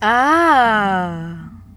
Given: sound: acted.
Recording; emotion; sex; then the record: nonverbal affect burst; pleasure; female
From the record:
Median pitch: 214 Hz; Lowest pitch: 145 Hz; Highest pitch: 341 Hz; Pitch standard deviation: 55 Hz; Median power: 77.0 dB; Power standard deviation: 10.6 dB